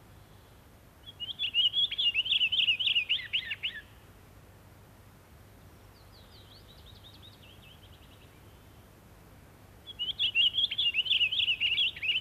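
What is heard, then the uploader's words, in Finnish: A pine grosbeak sings a bright, fluting warble in two loud phrases, from about one to four seconds and again from ten seconds to the end. A softer, thinner twittering phrase fills the gap in between, over a steady low hum. Taviokuurna. Viikon luontoäänen esitteli Jussi Salokorpi.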